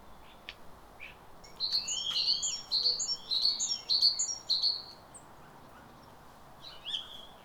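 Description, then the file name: Great tit singing a run of several repeated high, bright two-note phrases, then a pause and a single further note, over a quiet outdoor background. "Parus major"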